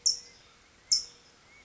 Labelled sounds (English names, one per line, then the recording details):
California Towhee
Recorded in Sonoma County, California